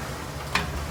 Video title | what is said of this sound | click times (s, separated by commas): How to Replace Parking Brake, Emergency Brake & Brake Shoes – Chevy Silverado & GMC Sierra 1999–2010 | right, that one's seated on that side. | 0.6 s